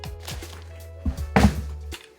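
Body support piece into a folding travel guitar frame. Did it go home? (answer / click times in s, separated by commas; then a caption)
yes / 1.4 s. A detachable body support piece of a Mogabi folding travel guitar is pushed onto the guitar's frame over a steady low hum. A few soft knocks are followed by a sharp, loud click at 1.4 s as the piece snaps into place, then a lighter tap near 1.9 s. The support piece is seated firmly on the frame.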